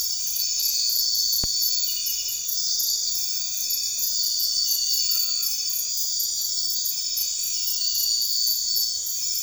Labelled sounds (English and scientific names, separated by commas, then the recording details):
none
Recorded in secondary vegetation near Puerto Asís, Putumayo, Colombia, on 9 March 2025 at 00:30
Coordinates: 0.499, -76.323
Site G094